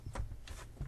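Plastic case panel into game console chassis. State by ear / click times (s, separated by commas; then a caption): not seated / none. The plastic case panel of an Xbox One S game console is worked back and forth on the console chassis, giving soft, brief rubbing and shuffling handling noises with low thumps. Nothing has seated or clicked into place yet.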